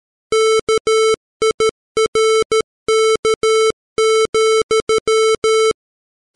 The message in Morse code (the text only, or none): KIRK,